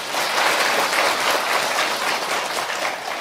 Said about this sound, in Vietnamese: Cho tràng pháo tay.